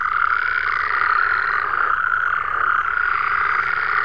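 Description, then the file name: Frogs calling together in an unbroken, buzzy, high-pitched trill, the croaks blending into one steady drone. "Digiffects Sound Effects Library - Frogs"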